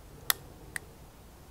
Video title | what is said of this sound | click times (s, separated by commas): 3 Waters Big fish Kayak review | then it goes on real easy and comes off real easy and then when you close it you'll actually hear it click okay | 0.3 s